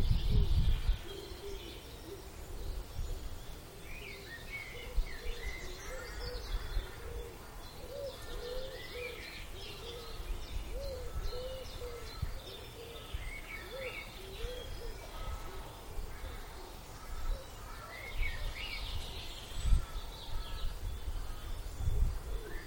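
Several songbirds sing together in a dawn chorus, bright overlapping phrases throughout, with a steady pulse of soft low cooing and occasional low rumbles.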